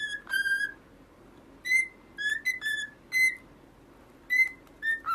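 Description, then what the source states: Cockatiel whistles, bright tones rising and falling, delivered as separate short phrases with brief pauses. Several cockatiels singing, whistling.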